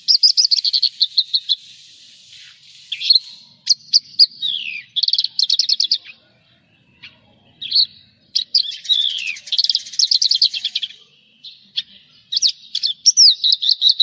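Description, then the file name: Javan bush lark song: long varied stream of chirps, trills, buzzy rattles and slurred down-swept whistles, with short gaps between phrases. "suara burung branjangan jawa"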